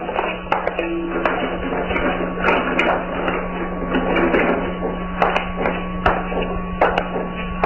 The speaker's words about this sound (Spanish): Avanza hacia la puerta y ya hace girar la llave en la cerradura.